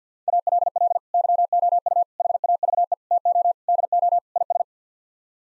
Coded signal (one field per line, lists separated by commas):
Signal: Morse code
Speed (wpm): 50 wpm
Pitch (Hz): 700 Hz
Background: none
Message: ALL YOU HAVE TO DO IS